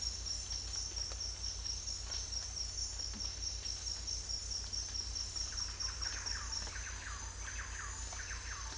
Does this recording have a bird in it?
yes